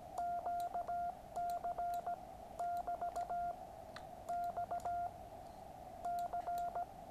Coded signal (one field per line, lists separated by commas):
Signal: Morse code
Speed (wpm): 17 wpm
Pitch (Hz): 700 Hz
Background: none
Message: QC<BT> X C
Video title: The QRP Labs QCX Morse Code Radio Kit.